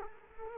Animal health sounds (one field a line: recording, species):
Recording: mosquito wingbeat signal from an infrared sensor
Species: Culex quinquefasciatus